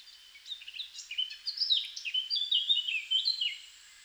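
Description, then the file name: Eurasian blackcap delivers a tumbling, varied warble of high, quick notes ending in clearer fluty whistles, with light background hiss. "Sylvia atricapilla"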